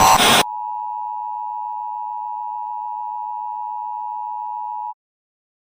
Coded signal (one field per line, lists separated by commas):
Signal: Emergency Alert System (SAME) tones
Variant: 853 and 960 Hz attention tone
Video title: A ban clip that was never Released in rating EAS 1